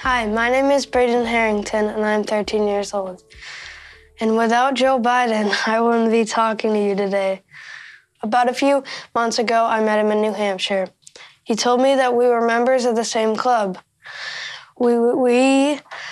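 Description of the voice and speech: A 13-year-old boy speaking with a stutter, with prolonged sounds and repeated words, while endorsing then-candidate Joe Biden at the Democratic National Convention.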